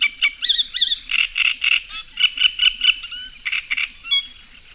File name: greatreedwarbler